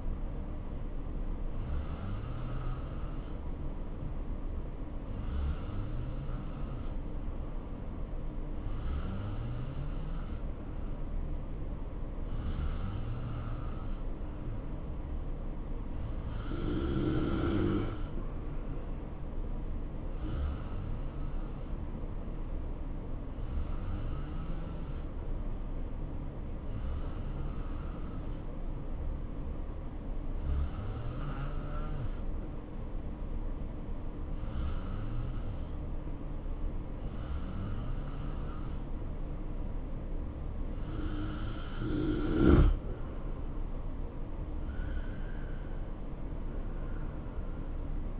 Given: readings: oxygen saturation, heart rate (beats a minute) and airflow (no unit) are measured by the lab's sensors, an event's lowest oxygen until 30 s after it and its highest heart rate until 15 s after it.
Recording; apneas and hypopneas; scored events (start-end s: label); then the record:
breathing in sleep by a smartphone at the bedside; 1
19.00-41.50 s: hypopnea (N2, oxygen 89% highest, then 87% lowest, heart rate 66 at the start, 73 highest)
32.00-48.20 s: new sleep stage, N1 (lightest sleep)
From the record:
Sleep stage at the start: N2 (light sleep); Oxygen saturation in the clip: 87 to 89%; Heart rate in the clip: 63 to 73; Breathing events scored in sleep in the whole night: 277 in 7.4 hours asleep